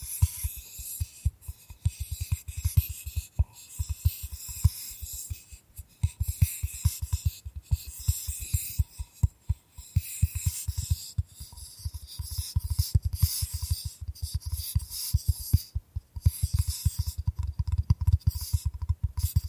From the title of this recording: Bamboo Tapping, Scratching and Brushing Sounds